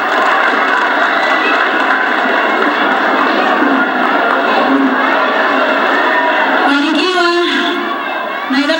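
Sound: applause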